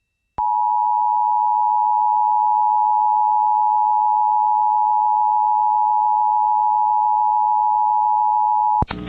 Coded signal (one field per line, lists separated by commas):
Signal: Emergency Alert System (SAME) tones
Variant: 853 and 960 Hz attention tone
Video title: Wisconsin State EAS Required Monthly Tests (September 1st, 2021)